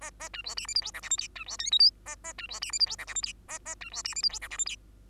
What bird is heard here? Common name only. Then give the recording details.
Bengalese Finch. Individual Bird2